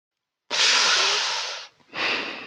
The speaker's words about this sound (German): Ein Schnaufen aus Berlin. Da hat Berlin was zu sagen.